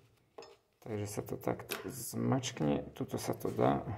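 A hand presses the seat clamp lever, or folding mechanism, shut on an ENGWE Y600 e-bike frame, with a brief knock early on while someone talks. The clip ends before the part goes home, so nothing has seated or clicked yet.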